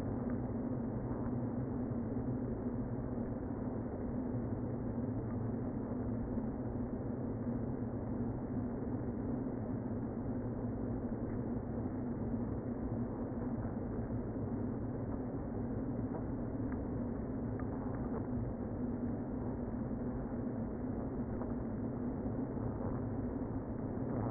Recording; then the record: honeybee colony, microphone inside the hive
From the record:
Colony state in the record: queen present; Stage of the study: before two queens were removed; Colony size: about 60,000 bees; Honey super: yes